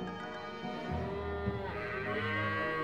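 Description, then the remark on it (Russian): A herd of cattle, the herds of Augeas, king of Elis, lowing: several deep, drawn-out moos overlapping into a steady, droning chorus that lasts throughout at a fairly even loudness, with no talking. “Особенно многочисленны были стада Авгия.”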